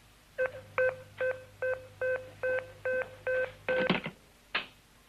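signal or alarm, telephone number being dialed

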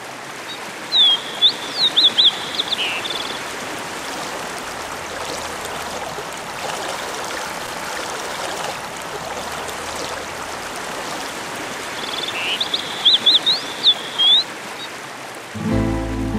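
nature, rushing stream water

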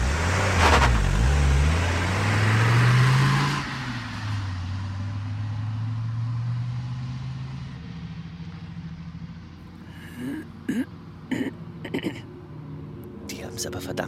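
vehicle, car driving away

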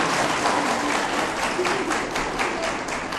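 crowd, audience applause

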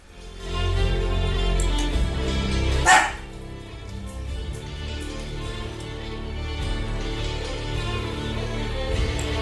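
animal, dog barking

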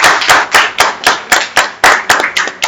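crowd, children applauding

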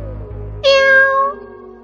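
animal, cat meowing

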